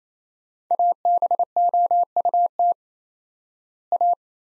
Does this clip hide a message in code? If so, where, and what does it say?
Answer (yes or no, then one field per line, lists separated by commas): yes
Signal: Morse code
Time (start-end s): 0.7-4.1 s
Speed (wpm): 28 wpm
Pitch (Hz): 700 Hz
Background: none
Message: ABOUT A